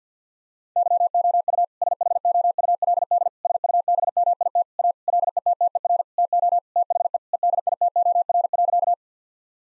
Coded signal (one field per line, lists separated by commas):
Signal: Morse code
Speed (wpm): 50 wpm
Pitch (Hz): 700 Hz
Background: none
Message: YOU SHOULD SUBMIT A LETTER TO THE EDITOR.